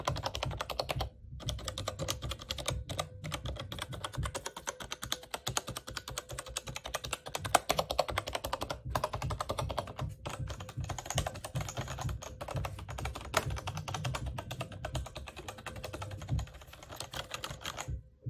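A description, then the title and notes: Typing on a mechanical keyboard fitted with sound dampening material inside. Keystrokes come in a steady, fast stream of soft, muted clicks with a low thud beneath each press, broken only by a few brief pauses near 1, 10 and 18 seconds. Kinesis Advantage2 - Cherry MX brown - Sound dampening mod. That's how the keyboard sounds after installing sound dampening material inside it.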